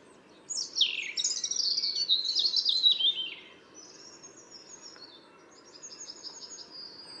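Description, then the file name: European robin giving one long sweet phrase of fast, high, warbled notes sliding downward, followed by quieter thin trailing notes over a soft low hum. "Erithacus rubecula"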